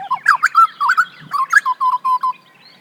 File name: Grey butcherbird